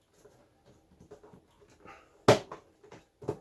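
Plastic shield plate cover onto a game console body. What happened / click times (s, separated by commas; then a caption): The plastic cover snapped into place / 2.3 s. A plastic shield plate cover is lined up at each corner over the SSD bay of a PS5 game console body, where a Western Digital Black 2TB SN850X PCIe Gen4 NVMe M.2 SSD with heatsink has been installed, then slid to the right. After soft handling rustles, a sharp, loud plastic click at 2.3 s marks the cover snapping home, followed by a few quieter taps. The cover is seated.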